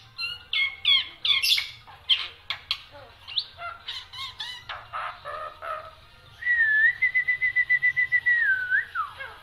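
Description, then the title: Black-winged myna song: harsh squawks and chatter, then a long level whistle that pulses in loudness. Dense, frequently singing bird with many variations, used as a master recording for training songbirds. "Kicauan Rapat Jalak Putih Gacor Banyak Variasi Untuk Masteran"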